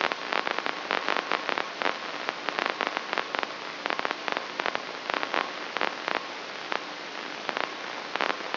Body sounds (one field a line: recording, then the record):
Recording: brain microelectrode recording played as sound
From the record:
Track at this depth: inside the subthalamic nucleus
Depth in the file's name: 5.462 mm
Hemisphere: left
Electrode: 3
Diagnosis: Parkinson's disease